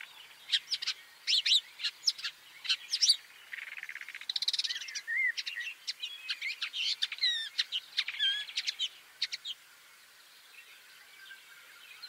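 Woodchat shrike producing varied chattering phrases with clicks, rasping notes and short whistled slurs, fading to quiet after about ten seconds.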